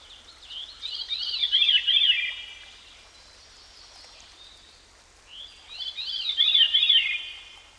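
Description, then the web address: Veery song: two flute-like phrases of wavering, spiraling notes that descend in pitch, each lasting about two seconds, with a quiet gap between them and soft background hiss. "Dan Gibson Songbirds By The Stream. Veery"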